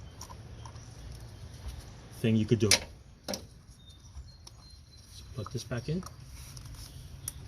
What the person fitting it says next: so it clicks you can hear a click